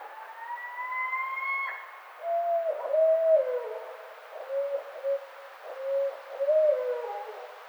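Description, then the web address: Barred owl calls: a long rising whining note, then low hooting notes with wavering, slurred endings, over faint background hiss. Recorded 29 May 2009. "Barred Owl 2009 05 29"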